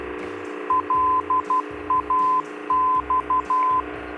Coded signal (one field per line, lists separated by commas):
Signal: Morse code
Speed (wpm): 12 wpm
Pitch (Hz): 1020 Hz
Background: radio noise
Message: LAX